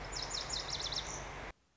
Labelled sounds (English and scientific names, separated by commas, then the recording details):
Lazuli Bunting (Passerina amoena)
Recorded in Sonoma County, California